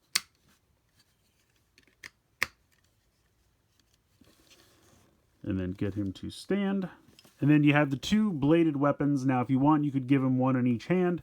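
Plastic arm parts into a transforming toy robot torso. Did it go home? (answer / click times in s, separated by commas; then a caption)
yes / 0.2 s, 2.4 s. New plastic arm parts are popped into the shoulders of a transforming toy robot torso, giving two loud, sharp plastic clicks at 0.2 s and 2.4 s as the arms seat into place. A few faint handling taps follow, and then someone talks.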